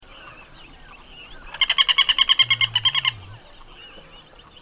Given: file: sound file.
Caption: Example 1 for short series of agitated alarm calls of V. chilensis flushed from its nest or close to it. Background (faint): D. autumnalis, Greater Rhea Rhea americana (low frequency boom), and others. Recording station PPA001, 30 May 2013, 06:13 h; unfiltered.